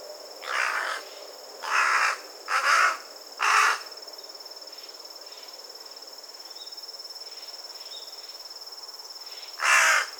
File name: Corvus corone